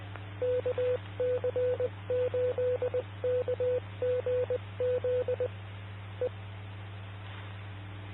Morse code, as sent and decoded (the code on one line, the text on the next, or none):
-.- -.-. ---.. -.- --. --.. / .
KC8KGZ E